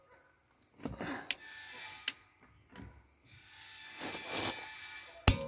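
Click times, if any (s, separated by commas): 1.3 s, 2.1 s, 5.3 s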